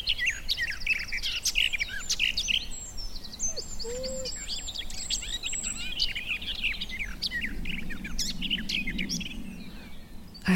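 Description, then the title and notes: Garden warbler giving a long, rapid flow of fluted and scratchy warbled phrases; a brief lower note and some soft low noise, ending in a sharp knock. Male singing in spring on a scrubby hillside with hawthorns in bloom; a migrant; described as fluted and rather frenetic; recorded by Fergus Collins. "Sound escape 65: be enchanted by the little-known song of the garden warbler. the scrubby hillside hawthorns burst into bloom. a male garden warbler into his fluted song. Recorded by Fergus Collins"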